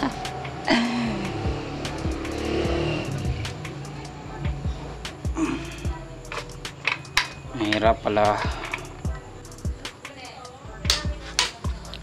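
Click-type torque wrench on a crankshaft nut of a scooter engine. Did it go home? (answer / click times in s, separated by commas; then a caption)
yes / 11.4 s. A click-type torque wrench tightens the crankshaft nut on a Honda Click 125i scooter engine. Someone talks while the wrench works through a series of ratcheting and metallic knocks with a low background hum. The wrench clicks at its setting at 11.4 seconds, confirming the nut is torqued.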